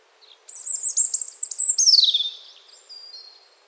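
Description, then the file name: European robin song: a thin, high whistled phrase sliding between notes, ending in a descending trill, then a few faint high whistles. "Erithacus rubecula"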